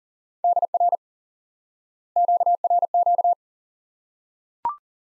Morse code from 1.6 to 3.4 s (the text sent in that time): QRQ